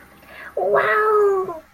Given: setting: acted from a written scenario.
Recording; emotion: vocal sound without words; adoration